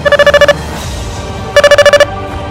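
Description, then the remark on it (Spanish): A mobile phone rings in two quick bursts of rapid, evenly pulsed electronic tones at a bright, steady pitch, separated by a second of low background hum, with no one speaking. “Al fin contestas, ¿por qué te has apagado el celular?”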